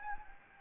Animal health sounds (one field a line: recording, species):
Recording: mosquito wingbeat signal from an infrared sensor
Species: Anopheles gambiae